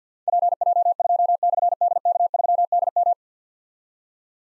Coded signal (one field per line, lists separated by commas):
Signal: Morse code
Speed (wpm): 52 wpm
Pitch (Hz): 700 Hz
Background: none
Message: PJ2/DK3DM